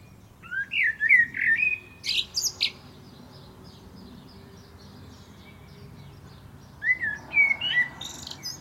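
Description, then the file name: Common blackbird sings two phrases: rich fluted warbling that ends in high scratchy twittering, a pause of several seconds, then another mellow whistled phrase. "Turdus merula"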